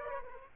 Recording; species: mosquito wingbeat signal from an infrared sensor; Aedes aegypti